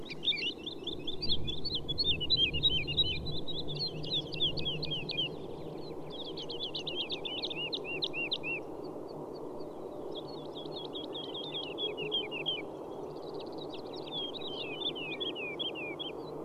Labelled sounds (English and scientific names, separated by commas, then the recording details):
Wood Lark (Lullula arborea) flight song
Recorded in the wild
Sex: pair
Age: adult
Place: Schönow, Naturpark Barnim, Brandenburg, DE
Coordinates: 52.69, 13.5136
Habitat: heath
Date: 2005-03-31
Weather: clear, -2°C, weak wind
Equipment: Tascam DA-P1, Telinga Pro 5
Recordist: Frommolt, Karl-Heinz